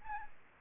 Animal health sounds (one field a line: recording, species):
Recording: mosquito wingbeat signal from an infrared sensor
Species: Aedes albopictus